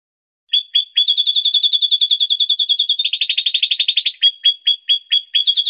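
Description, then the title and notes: Songbird song, quick repeated high trill notes, a denser buzzy stretch in the middle, then slower separated chips mixed with short trills. Master recording used for training songbirds. "Kumpulan Masteran Burung Terlengkap Dan Terbaik"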